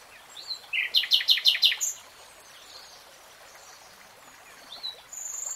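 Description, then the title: Nightingale song: a short rising note, then a rapid series of several loud, evenly spaced churring pulses, followed by quiet. "[Tiếng chim hót] REALTIME Nightingale Singing"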